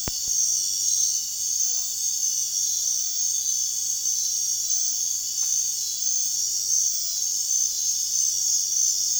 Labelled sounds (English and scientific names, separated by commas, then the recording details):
none
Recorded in dense forest near Puerto Asís, Putumayo, Colombia, on 22 June 2025 at 20:00
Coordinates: 0.466, -76.327
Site GP04